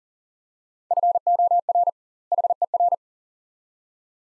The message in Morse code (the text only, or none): FOR HER